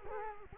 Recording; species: mosquito wingbeat signal from an infrared sensor; Culex quinquefasciatus